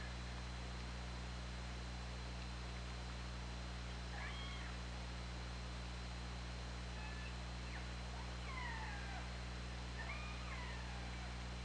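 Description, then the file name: Killer whale calls, a few harmonic calls, mostly falling sweeps, grouped in the middle and near the end, over a persistent low hum and water hiss. Recorded by OrcaLab hydrophone underwater on 24 August 2017 at 20:43. "Orca Lab 20170824 204355"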